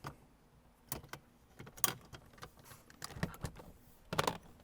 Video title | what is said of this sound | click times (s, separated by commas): Rennline PM01.59 ExactFit Phone Mount Installation - Mini F54 | we can reinstall this piece of trim and that just snaps into place also | 0.9 s, 1.8 s, 4.2 s